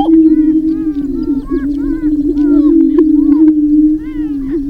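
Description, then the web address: Greater prairie chicken booming, a low resonant drone with a series of clear upslurred whoops and a few cackles spaced throughout. "Gallinaceous Gr Prairie Chicken"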